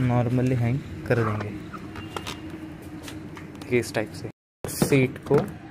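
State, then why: Not seated. Someone talks while the rear seat of a motorcycle is handled over its seat lock latch, with a helmet hung on the hook underneath. Soft knocks and rustles are heard between the talking, and the clip cuts out briefly to silence near the end. Nothing has seated or clicked yet: the seat has not latched by the end of the clip.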